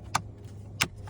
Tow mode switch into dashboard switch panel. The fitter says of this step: snaps on in,